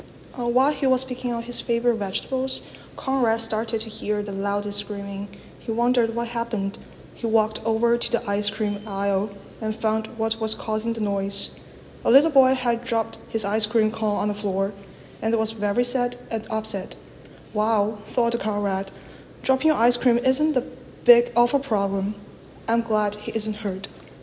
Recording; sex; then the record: reading aloud after running; female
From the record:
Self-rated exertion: light exertion (2 of 6); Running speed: 5 miles an hour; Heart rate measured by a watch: 142 beats a minute at the start, 141 at the end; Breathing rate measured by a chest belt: 18 breaths a minute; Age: 23 years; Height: 161 cm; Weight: 62 kg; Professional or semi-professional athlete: no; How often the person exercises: 1 to 2 times a week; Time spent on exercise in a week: 1 to 2 hours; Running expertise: no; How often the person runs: under once a week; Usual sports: cycling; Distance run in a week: 3 km